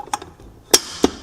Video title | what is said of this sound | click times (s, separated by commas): Amtryke Paceline Assembly | And you want to wait until you hear that click. | 0.7 s